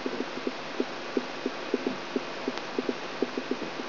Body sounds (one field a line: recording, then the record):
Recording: brain microelectrode recording played as sound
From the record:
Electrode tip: outside the subthalamic nucleus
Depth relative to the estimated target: 5 mm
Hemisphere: right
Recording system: AlphaMap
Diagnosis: Parkinson's disease